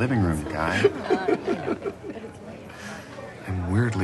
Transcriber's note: soundbite of laughter